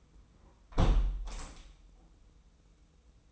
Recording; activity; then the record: daily activity, microphone in the room; close window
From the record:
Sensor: 1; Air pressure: 990.3 hPa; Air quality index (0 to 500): 167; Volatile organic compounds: 1000 ppm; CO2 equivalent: 6087 ppm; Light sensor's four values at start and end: 21/47/20/22 and 21/46/20/21